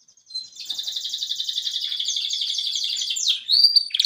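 Canary song: a long, fast, even trill of high notes, then a few sharp whistled notes and a brief buzzy flourish at the end.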